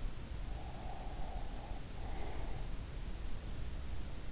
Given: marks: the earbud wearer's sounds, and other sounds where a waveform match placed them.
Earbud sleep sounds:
sounds in sleep by an in-ear microphone; breath
0.27-3.31 s: breath

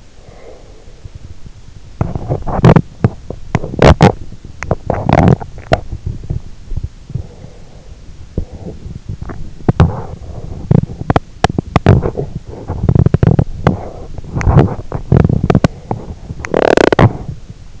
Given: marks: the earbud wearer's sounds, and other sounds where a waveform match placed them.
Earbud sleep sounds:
sounds in sleep by an in-ear microphone; teeth grinding
0.00-17.80 s: teeth grinding

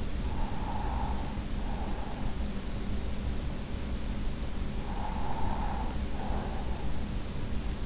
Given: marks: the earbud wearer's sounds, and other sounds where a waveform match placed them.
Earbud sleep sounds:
sounds in sleep by an in-ear microphone; breath
0.00-2.60 s: breath
4.72-7.23 s: breath

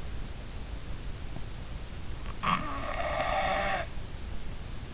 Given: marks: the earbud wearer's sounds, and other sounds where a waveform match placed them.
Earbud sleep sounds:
sounds in sleep by an in-ear microphone; snoring breath
2.21-3.92 s: snoring breath

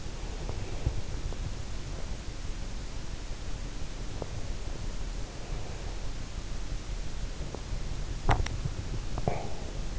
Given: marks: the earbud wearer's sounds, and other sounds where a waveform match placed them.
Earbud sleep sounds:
sounds in sleep by an in-ear microphone; body movement, teeth grinding
0.00-1.64 s: body movement
7.98-9.99 s: teeth grinding

